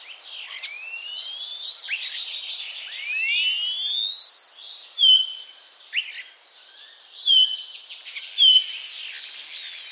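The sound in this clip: Common starling calling with long rising slurred whistles, sharp downward whistled notes and scattered clicks.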